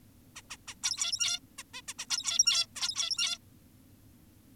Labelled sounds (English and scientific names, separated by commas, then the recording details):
Zebra Finch (Taeniopygia guttata)
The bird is an adult
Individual g17y2U